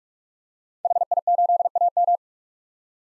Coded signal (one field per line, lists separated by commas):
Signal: Morse code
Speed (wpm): 43 wpm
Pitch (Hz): 700 Hz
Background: none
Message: HI8AM